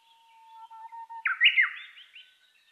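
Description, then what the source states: Japanese bush warbler song: a long, steady low whistle followed by a sudden, louder, quick phrase that jumps higher and drops back down, with a faint note trailing after. Recorded 3 July 2010 at 15:26.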